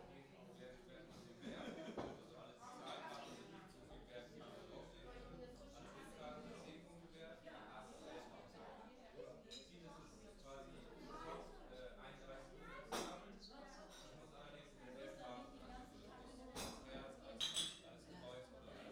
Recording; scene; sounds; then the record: everyday scene through a hearing-aid microphone; many people talking; many voices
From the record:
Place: parish hall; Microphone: in the ear canal, right